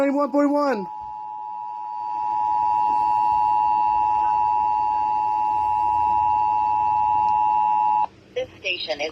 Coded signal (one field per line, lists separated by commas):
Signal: Emergency Alert System (SAME) tones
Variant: 853 and 960 Hz attention tone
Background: speech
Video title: New Year New Station | EAS Tests From 1/4/2022 (EAS #1,219-1,224)